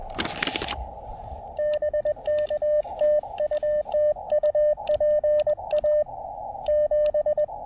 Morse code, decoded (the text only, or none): BK TU TU PA 7